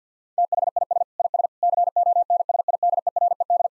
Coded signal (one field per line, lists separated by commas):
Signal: Morse code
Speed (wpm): 50 wpm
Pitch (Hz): 700 Hz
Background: none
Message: THIS IS CONSIDERED